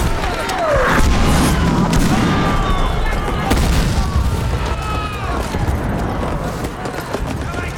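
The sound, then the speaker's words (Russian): Artillery shells fall and explode around a fortress: loud, chaotic battle noise with heavy booms and bursts of explosions over a constant roar, punctuated by sharp cracks, with faint shouting voices mixed in. “Падают и взрываются снаряды.”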